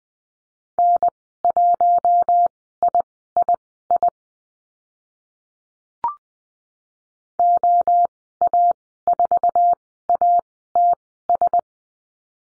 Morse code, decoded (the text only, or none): N1III OA4ATS